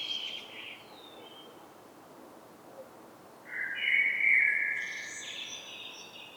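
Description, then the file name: Common blackbird song phrase: a soft fluting warble rising into a strained high twitter, preceded by a faint earlier phrase end. "Turdus merula"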